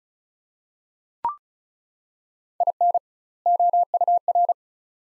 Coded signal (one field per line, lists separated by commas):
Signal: Morse code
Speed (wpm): 36 wpm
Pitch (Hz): 700 Hz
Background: none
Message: IN OUR